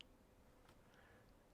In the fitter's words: and give it a solid push until it clicks